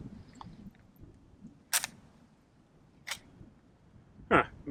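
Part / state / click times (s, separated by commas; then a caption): pistol magazine into MP5-clone magwell / not seated / none. At the range, a pistol magazine is pushed again into the magwell of a PTR 9CT, an American-made MP5-clone pistol, after it was found not seated. Faint ticks early on give way to sharp metallic clacks near 1.8 s, 3.1 s and 4.4 s. The magazine does not lock in, and nothing has seated or clicked yet.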